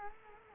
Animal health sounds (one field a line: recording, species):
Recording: mosquito wingbeat signal from an infrared sensor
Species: Culex quinquefasciatus